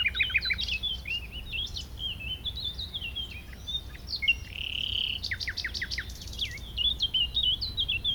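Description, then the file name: Common nightingale song mixing quick chirps, twisting whistles and a clear, sustained pure whistle, followed by sharp clicking notes and more twittering. "Luscinia megarhynchos"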